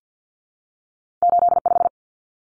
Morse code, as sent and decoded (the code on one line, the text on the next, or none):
---.. .....
85